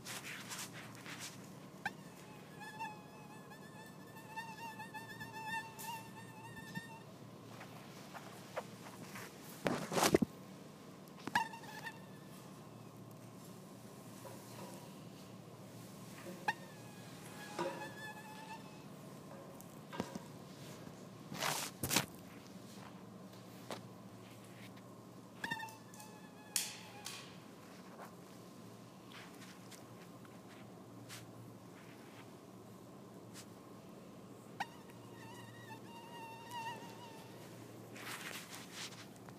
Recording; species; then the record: mosquito flight sound by mobile phone; Anopheles farauti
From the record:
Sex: male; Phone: iPhone 4S